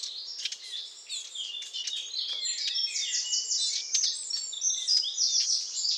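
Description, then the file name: Eurasian blackcap song: a rapid, jumbled warble of varied high whistled and chattering notes. "Sylvia atricapilla"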